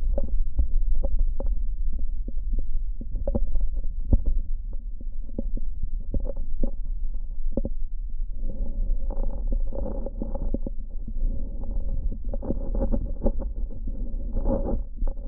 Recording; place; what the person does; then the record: lung sounds by stethoscope; right anterior apical chest; quiet breathing, then deep breathing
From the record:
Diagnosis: interstitial lung disease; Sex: male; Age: 47 years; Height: 159 cm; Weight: 66.8 kg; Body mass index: 26.4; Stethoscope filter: diaphragm mode